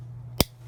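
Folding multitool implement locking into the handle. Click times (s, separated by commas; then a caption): 0.4 s. A metal implement on a Leatherman Wave folding multitool is swung open until it locks into place in the handle. A single sharp metallic click at 0.4 s rises over a quiet background with a steady low hum. The implement is locked open.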